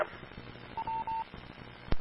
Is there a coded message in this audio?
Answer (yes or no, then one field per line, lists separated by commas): no